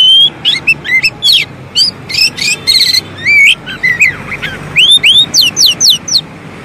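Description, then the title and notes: Oriental magpie-robin singing continuously, mixing clear rising and falling whistles with harsh buzzy notes and fast chattering bursts in quick varied phrases. Long-duration song used as training material (isian) to get birds singing actively (gacor) day and night. "Kacer Jadi Gacor Siang Malam. Isian Kacer Durasi Panjang"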